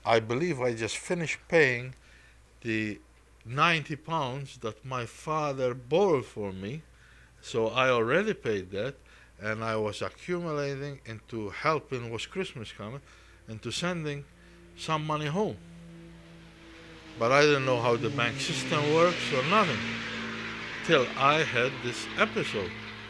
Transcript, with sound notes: I believe I just finished paying the ninety pounds that my father borrowed for me, so I already paid that, and I was accumulating into helping, was Christmas coming, into sending some money home. ( sound of a plane landing can be heard on the tape ) But I didn't know how the bank system worked or nothing till I had this episode.